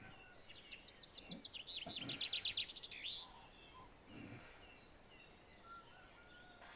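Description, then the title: Song thrush song: rapid series of high, slurred repeated notes, then quieter pauses and a final burst of fast repeated chirps. Recorded at 06h. "Zanglijster 06h"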